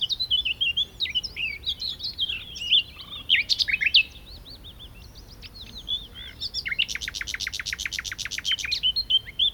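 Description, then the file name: Common nightingale song mixing warbled twitters and slurred whistles, then a fast, rattling series of dry clicks near the end. "Luscinia megarhynchos"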